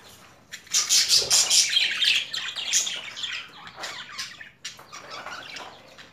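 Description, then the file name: Budgerigar calls, a loud burst of squawking chatter after a quiet start, fading into softer twitters. Female budgerigar; mixed sounds. "Karisik Sesler Disi Muhabbet Kusu Sesi"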